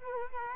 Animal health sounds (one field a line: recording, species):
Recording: mosquito wingbeat signal from an infrared sensor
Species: Culex quinquefasciatus